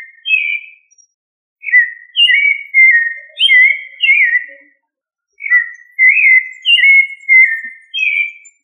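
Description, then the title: Thrush song: clear fluty whistled phrases of several sliding notes, given in three bursts separated by short pauses. "Familia Turdidae - Sabia"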